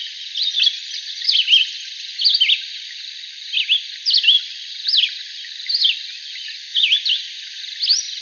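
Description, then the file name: Red-eyed vireo song of crisp, short whistled phrases, each a quick up-and-down slur, repeated steadily with brief gaps between them. Arizona, 22 July 2001. "REVI deviche"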